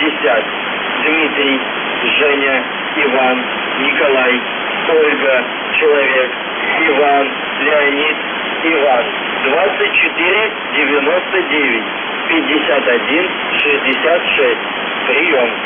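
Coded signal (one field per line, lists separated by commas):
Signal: numbers station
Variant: UVB-76, Russian voice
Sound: male Russian voice reading numbers and phonetic-alphabet names over radio static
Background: radio static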